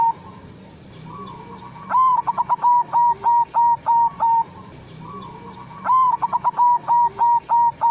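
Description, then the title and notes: Zebra dove song: a rolling series of short clipped notes near one pitch, then several longer level coos, the phrase repeating about every four seconds. Zebra dove lure, in lively, vigorous (gacor) song. "Pancingan Perkutut. Suara Burung Perkutut Gacor"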